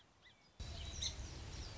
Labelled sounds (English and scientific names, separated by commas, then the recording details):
Song Sparrow (Melospiza melodia)
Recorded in Sonoma County, California